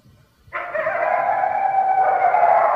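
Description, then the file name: Red wolf howling, drawn-out tones starting abruptly after a short quiet moment and holding steady and loud. "Red Wolf Howling"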